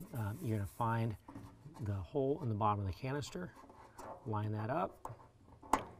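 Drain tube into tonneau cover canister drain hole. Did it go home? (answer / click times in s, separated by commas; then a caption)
yes / 5.7 s. The front end of a rubber-gasketed drain tube is lined up with the hole on the bottom of a BAK Vortrak tonneau cover canister on a 2019 Dodge Ram 1500 and pushed in, so water can route out of the truck bed. Someone talks for most of the clip, then a faint tap at 5.5 s is followed by a sharp click at 5.7 s. The drain tube is seated in the canister hole.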